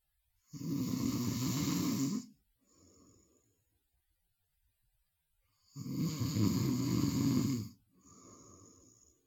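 Two loud, rattling, low-pitched snores on the in-breath, each lasting about two seconds and followed by a softer, airy out-breath. The cycle repeats roughly every five seconds, about 11 breaths a minute. Ordinary snoring from an adult sleeper, a sound effect.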